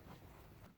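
A plastic trim panel on a 2016 Chevrolet Suburban is being handled during a reverse light replacement, lined up so the last of its three plastic clips can go into the body panel after the panel was held too high. A low, steady rustling and rumbling handling noise lasts about 0.7 seconds, then fades quietly. Nothing has seated or clicked yet.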